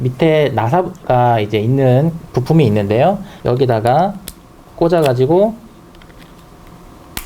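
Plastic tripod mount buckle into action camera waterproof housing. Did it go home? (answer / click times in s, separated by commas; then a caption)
yes / 7.2 s. A plastic tripod-mount buckle is slid onto the bottom of a GoPro HERO3+ Silver action camera's waterproof housing while someone talks. After the talking stops, faint handling sounds come at about 6.0 s. A sharp click at 7.2 s marks the mount snapping into place, seated.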